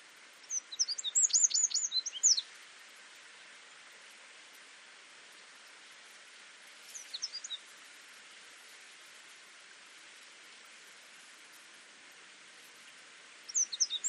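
Eurasian wren song in short bursts: a two-second run of high, rapid notes, a brief fragment later, and another start at the end, with quiet hiss between.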